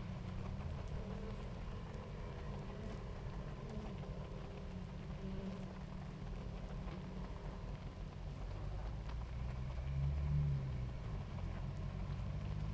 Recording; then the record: honeybee colony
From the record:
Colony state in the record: active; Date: 28 July 2017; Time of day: 18:10